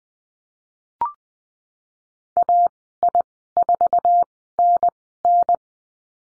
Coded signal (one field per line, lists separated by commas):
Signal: Morse code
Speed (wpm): 19 wpm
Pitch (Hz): 700 Hz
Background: none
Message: AI4NN